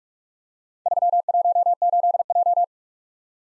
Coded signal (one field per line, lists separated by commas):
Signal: Morse code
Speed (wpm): 44 wpm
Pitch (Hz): 700 Hz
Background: none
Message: 318J